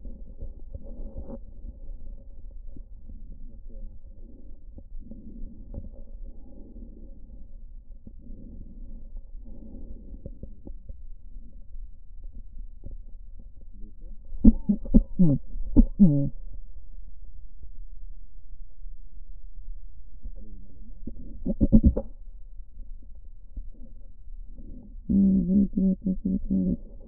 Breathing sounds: lung sounds by stethoscope; right posterior apical chest; quiet breathing, then cough and speech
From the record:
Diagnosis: COPD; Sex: female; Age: 72 years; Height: 156 cm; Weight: 72 kg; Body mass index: 29.6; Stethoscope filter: diaphragm mode

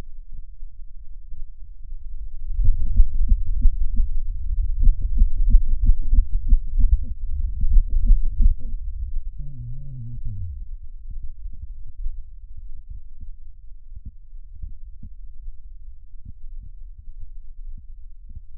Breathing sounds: lung sounds by stethoscope; left anterior apical chest; quiet breathing, then cough and speech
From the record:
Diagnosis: COPD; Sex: male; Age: 70 years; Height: 183 cm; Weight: 116 kg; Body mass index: 34.6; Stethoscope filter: bell mode

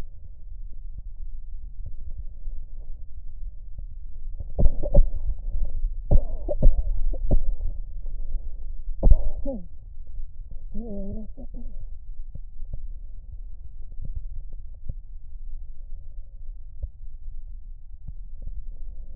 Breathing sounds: lung sounds by stethoscope; left posterior basal chest; quiet breathing, then cough and speech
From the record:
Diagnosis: COPD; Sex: female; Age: 65 years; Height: 156 cm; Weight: 63.9 kg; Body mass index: 26.3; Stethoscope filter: extended mode

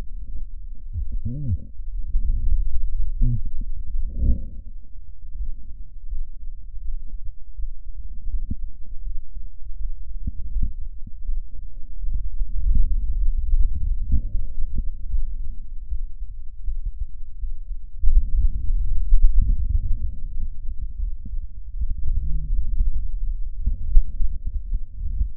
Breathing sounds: lung sounds by stethoscope; left anterior apical chest; quiet breathing, then deep breathing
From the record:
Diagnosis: COPD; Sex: female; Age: 80 years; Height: 160 cm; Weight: 62 kg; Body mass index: 24.2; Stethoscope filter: bell mode

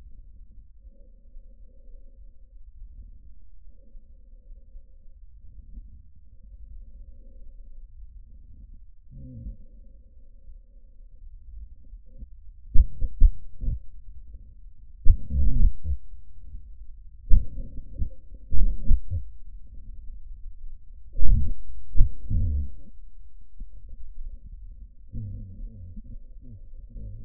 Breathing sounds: lung sounds by stethoscope; trachea; quiet breathing, then cough and speech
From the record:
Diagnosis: pulmonary infection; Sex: male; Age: 69 years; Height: 184 cm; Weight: 115 kg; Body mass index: 34.0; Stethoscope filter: bell mode

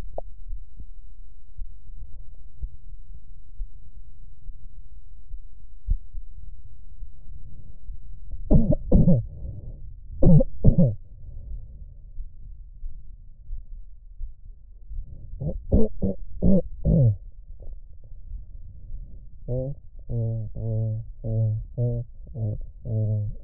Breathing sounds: lung sounds by stethoscope; left posterior apical chest; quiet breathing, then cough and speech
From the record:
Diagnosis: none (healthy); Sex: male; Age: 30 years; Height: 190 cm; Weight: 88 kg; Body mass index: 24.4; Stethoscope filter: extended mode

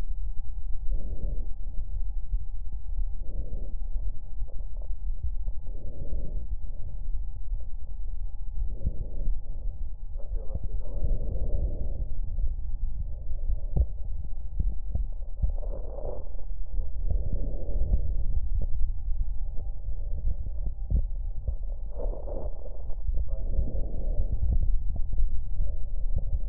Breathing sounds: lung sounds by stethoscope; left anterior apical chest; quiet breathing, then deep breathing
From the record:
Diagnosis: COPD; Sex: female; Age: 68 years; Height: 150 cm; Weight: 70 kg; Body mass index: 31.1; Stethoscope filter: extended mode

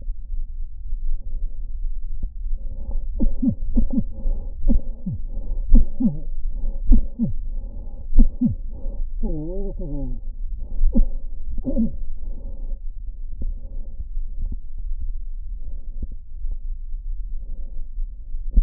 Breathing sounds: lung sounds by stethoscope; left anterior apical chest; quiet breathing, then cough and speech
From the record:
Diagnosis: COPD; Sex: male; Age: 72 years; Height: 172 cm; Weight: 58.6 kg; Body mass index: 19.8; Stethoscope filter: diaphragm mode

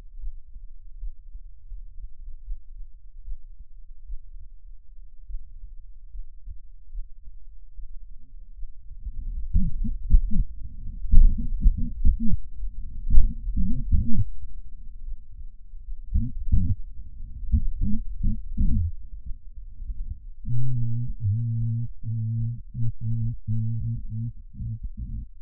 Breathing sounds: lung sounds by stethoscope; right anterior apical chest; quiet breathing, then cough and speech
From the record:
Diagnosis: pulmonary infection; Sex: male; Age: 86 years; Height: 165 cm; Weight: 65 kg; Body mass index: 23.9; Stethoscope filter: bell mode

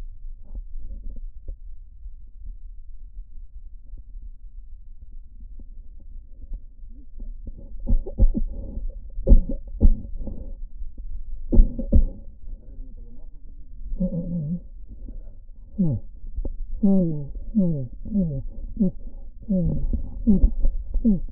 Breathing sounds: lung sounds by stethoscope; right posterior apical chest; quiet breathing, then cough and speech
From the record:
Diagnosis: interstitial lung disease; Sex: male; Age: 82 years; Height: 158 cm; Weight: 49 kg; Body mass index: 19.6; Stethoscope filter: diaphragm mode

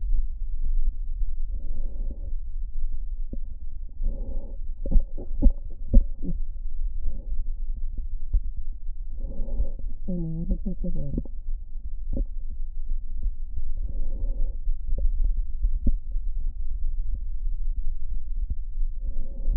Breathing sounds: lung sounds by stethoscope; left anterior apical chest; quiet breathing, then cough and speech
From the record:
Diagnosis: COPD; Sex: female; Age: 75 years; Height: 155 cm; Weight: 67.6 kg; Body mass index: 28.1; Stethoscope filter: diaphragm mode

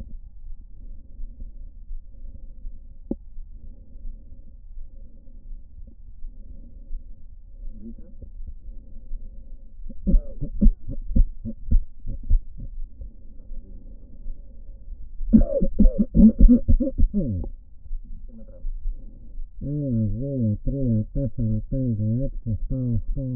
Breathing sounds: lung sounds by stethoscope; right anterior apical chest; quiet breathing, then cough and speech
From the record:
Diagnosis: none (healthy); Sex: male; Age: 60 years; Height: 190 cm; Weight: 150 kg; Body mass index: 41.6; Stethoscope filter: diaphragm mode

